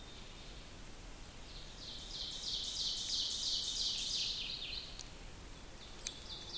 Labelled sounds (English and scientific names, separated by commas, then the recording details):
Ovenbird (Seiurus aurocapilla) song
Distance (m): 45 m
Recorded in boreal forest in Alberta, Canada, on 2 June 2016 at 05:55
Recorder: SongMeter 3, array SBT-3-7
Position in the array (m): -2 m, 87 m
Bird 7